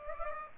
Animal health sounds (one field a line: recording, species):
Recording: mosquito wingbeat signal from an infrared sensor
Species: Aedes aegypti